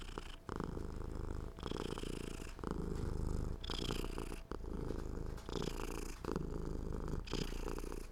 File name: Cat purr